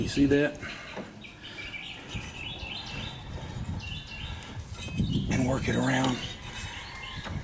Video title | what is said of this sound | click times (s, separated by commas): RIDING MOWER DRIVES SLOW?/ SLIPS?/ NO DRIVE REPLACE JUST ABOUT ANY BELT WITH MANUAL TRANS OR HYDRO | Oh, didn't catch. | none